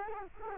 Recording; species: mosquito wingbeat signal from an infrared sensor; Culex quinquefasciatus